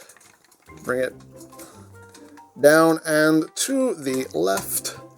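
A plastic section of a transforming figure is handled, being brought down at a diagonal, down and to the left, toward its locked position on the body, with faint small plastic ticks and taps while someone talks. The clip ends before the part goes home, so nothing has seated or clicked yet.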